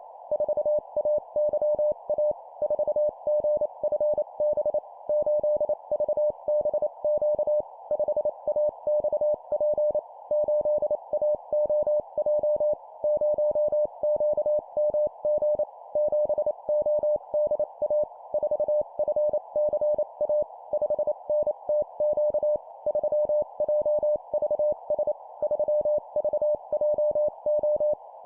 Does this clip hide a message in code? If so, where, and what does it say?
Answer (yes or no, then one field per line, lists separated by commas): yes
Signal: Morse code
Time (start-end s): 0.3-27.9 s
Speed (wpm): 28 wpm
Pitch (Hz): 600 Hz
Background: none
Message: 4AYA 4GFB 8VBQ 5AXP 8AOJ 0QMG 7ODA 4FCA 5NTQ 3JVS 3VJO